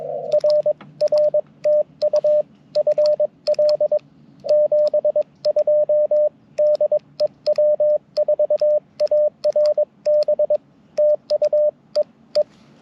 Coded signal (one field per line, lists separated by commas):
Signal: Morse code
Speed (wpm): 21 wpm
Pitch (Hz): 600 Hz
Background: radio noise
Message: RR TU FL 72 DE W4ARB TU EE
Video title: Icom IC-705 First Impressions - QRP CW POTA 9/24/23 @ Tuskegee National Forest (K-4451)